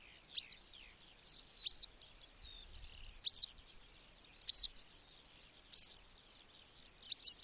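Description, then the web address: Bird repeating short, piercing high notes with a quick downward slur every second or so, over a soft high background hiss and a brief low rumble. "madarak enek"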